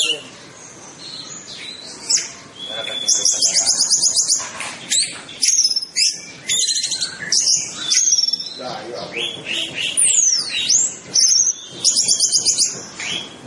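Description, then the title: Orange-headed thrush singing a dense medley of very high, buzzy trills, sweeps and chattering notes, changing phrase often. "Anis Merah"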